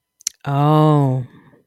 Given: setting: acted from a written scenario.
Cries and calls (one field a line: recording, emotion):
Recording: vocal sound without words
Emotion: realization